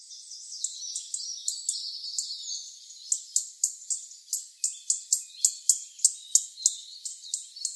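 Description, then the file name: European robin giving a rapid series of high, thin chirps and ticks, sparse at first then repeating about three times a second in a steady run. "Erithacus rubecula"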